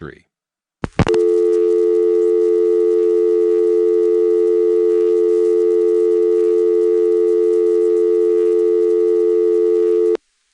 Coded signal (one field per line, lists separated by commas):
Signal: telephone call progress tone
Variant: North America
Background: speech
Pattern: dial tone